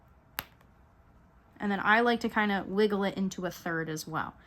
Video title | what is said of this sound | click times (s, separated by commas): How to make a No - Sew Ghost Keychain - Learn to Crochet for Beginners | and you want to just insert so I'll be quiet so you guys can hear the snap | 0.4 s, 0.6 s